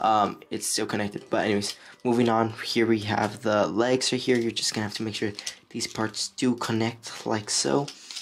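Someone talks while pushing the plastic leg pieces of a Transformers Studio Series 75 Deluxe Class Jolt action figure together so they connect. A short, sharp hit sounds near 8.1 s, but nothing has seated or clicked yet; the parts are still being handled and are not yet home.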